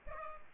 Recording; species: mosquito wingbeat signal from an infrared sensor; Culex pipiens